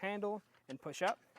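Someone talks while handling the tilt mechanism of a Saris Edge 2-bike hitch rack (SAR74YR) on a 2025 Nissan Kicks, pressing the rack's tilt handle to push the mast up toward its folded position. Only speech is heard, with no metallic hit. Nothing has locked or seated yet.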